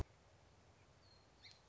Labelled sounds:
Song Sparrow (Melospiza melodia)
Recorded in Sonoma County, California

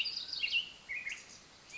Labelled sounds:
Mountain Quail (Oreortyx pictus)
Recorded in Sonoma County, California

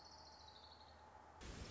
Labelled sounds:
Orange-crowned Warbler (Leiothlypis celata)
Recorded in Sonoma County, California

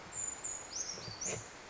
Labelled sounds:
Brown Creeper (Certhia americana)
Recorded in Sonoma County, California

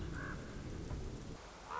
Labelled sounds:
Common Raven (Corvus corax)
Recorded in Sonoma County, California

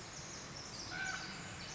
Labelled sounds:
Pacific Wren (Troglodytes pacificus)
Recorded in Sonoma County, California

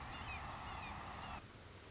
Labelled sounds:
Red-shouldered Hawk (Buteo lineatus)
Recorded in Sonoma County, California

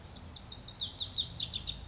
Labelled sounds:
Lazuli Bunting (Passerina amoena)
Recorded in Sonoma County, California

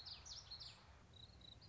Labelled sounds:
Common Yellowthroat (Geothlypis trichas)
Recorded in Sonoma County, California

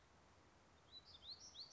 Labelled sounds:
Black-throated Gray Warbler (Setophaga nigrescens)
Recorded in Sonoma County, California

